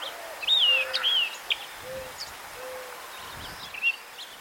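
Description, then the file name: Northern mockingbird song: short varied whistled and slurred phrases, quick changing notes with pauses, plus faint low drawn-out whistles underneath. "Northern-Mockingbird-Mimus-polyglottos Goltz"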